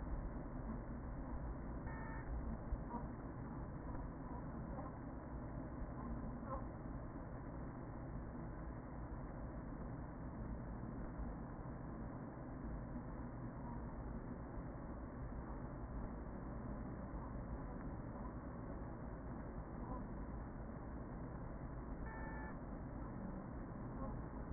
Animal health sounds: honeybee colony, microphone inside the hive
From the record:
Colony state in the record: queen present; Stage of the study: after two queens were removed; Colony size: about 40,000 bees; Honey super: no

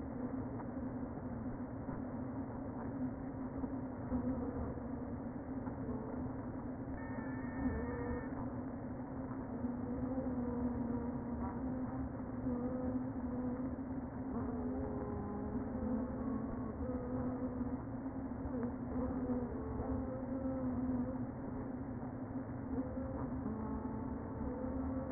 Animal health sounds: honeybee colony, microphone inside the hive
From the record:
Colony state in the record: queen present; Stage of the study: before two queens were removed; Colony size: about 60,000 bees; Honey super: yes

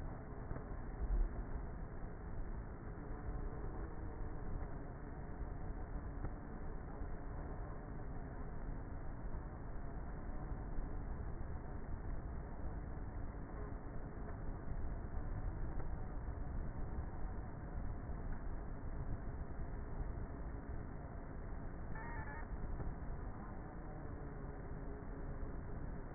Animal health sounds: honeybee colony, microphone inside the hive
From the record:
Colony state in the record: queenless with a low population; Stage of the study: before two queens were removed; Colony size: about 30,000 bees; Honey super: no

